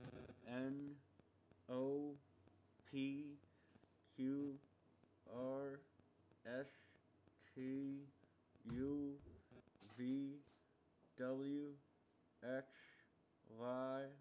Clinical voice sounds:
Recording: letters of the alphabet, spoken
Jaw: constrained by a bite bar between the teeth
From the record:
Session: first day, right after the free take

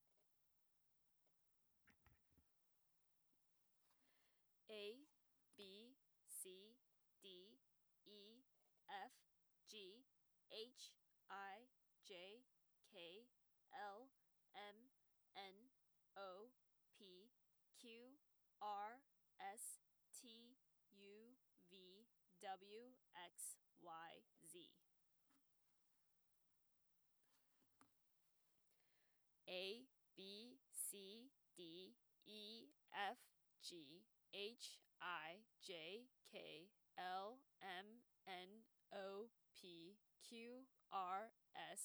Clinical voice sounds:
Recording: letters of the alphabet, spoken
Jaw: free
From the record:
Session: first day, before the bite bar

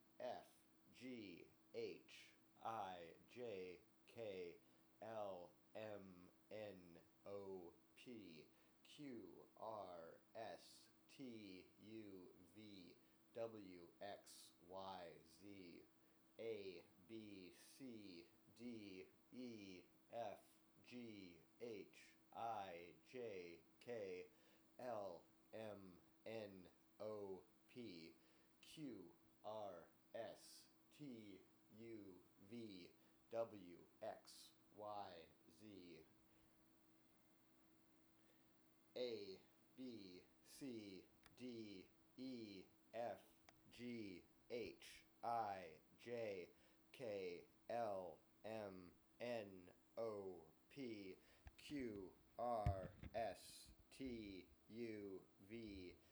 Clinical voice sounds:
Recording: letters of the alphabet, spoken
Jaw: free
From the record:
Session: seven days later

